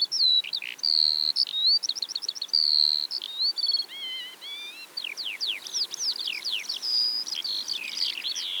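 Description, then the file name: Eurasian skylark singing a busy, unbroken stream of high whistles, rapid trills and sweeping slurred notes that change phrase every second or so. Eastern Europe. "Stimmen der Natur aus Osteuropa - Feldlerche"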